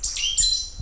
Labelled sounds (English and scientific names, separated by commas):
Stitchbird (Notiomystis cincta) song